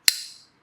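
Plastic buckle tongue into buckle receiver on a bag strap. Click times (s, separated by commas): 0.1 s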